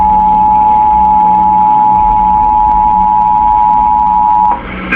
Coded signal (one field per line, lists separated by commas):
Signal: Emergency Alert System (SAME) tones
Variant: 853 and 960 Hz attention tone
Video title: The 3 EAS Alerts The Government Hopes You Never Hear